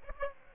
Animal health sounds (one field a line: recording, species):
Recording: mosquito wingbeat signal from an infrared sensor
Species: Aedes aegypti